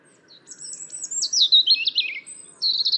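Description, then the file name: European robin song: a fast tumbling phrase of thin, very high twittering and trilled notes descending in pitch, with a brief pause before another high burst. "Erithacus rubecula"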